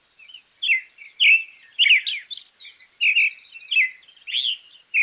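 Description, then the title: Creamy-bellied thrush song: a dense chain of warbled, twittering phrases with short pauses between them. "ZORZAL CHALCHALERO"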